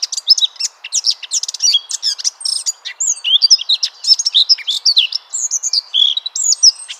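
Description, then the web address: Eurasian blackcap singing a hurried, chattering warble that shifts into smoother whistled slurs in the second half. "SETE data Sylvia atricapilla"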